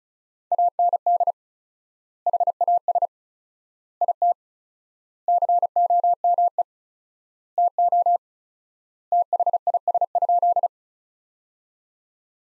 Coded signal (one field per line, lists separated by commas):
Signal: Morse code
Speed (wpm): 34 wpm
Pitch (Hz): 700 Hz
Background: none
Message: AND HAS IT COME TO THIS?